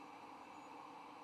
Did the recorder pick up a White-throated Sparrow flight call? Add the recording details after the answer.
no. No flight call is heard. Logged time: 22:18 on 7 November 2014